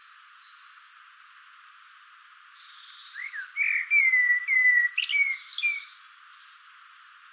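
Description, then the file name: Common blackbird giving one mellow warbled phrase with drawn-out whistles midway, with thin, high, descending notes repeated before and after it. "Turdus merula"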